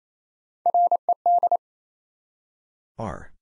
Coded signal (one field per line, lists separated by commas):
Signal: Morse code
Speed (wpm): 27 wpm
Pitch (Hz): 700 Hz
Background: none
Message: RED